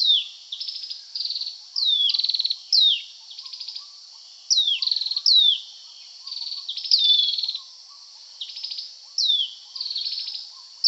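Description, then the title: Dark-necked tailorbird calling: quick falling whistled notes mixed with harsh buzzy trills, repeated in uneven bursts, over a soft background of faint lower chirps. Subspecies Orthotomus atrogularis anambensis; sound rendered as 'prenjk-gnung'. "prenjk gnung. Dark-necked Tailorbird (Orthotomus atrogularis anambensis)"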